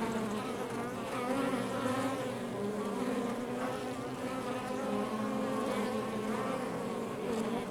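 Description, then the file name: Honey bees buzzing in a full, even hum, overlapping wingbeats forming a thick drone. Outside the hive. "Ruche Exterieur"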